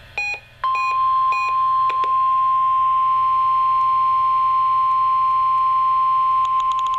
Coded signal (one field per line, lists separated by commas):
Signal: Emergency Alert System (SAME) tones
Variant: 1050 Hz attention tone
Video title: EAS #8 - Required Weekly Test